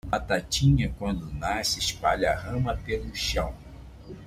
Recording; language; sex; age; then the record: short text; Brazilian Portuguese; male; 70 to 79 years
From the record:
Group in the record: control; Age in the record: 71 years